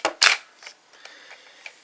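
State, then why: Seated. The half-extended plastic sword blade of a DX Zyuoh Buster toy gun/sword is pushed up by hand until it locks into place in the gun body. A sharp click is heard at 0.1 s, followed right after by a louder, longer rattling clack and then a few faint ticks around 0.7, 1.1 and 1.7 s. The blade is locked and the toy is in sword mode.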